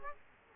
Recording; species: mosquito wingbeat signal from an infrared sensor; Aedes aegypti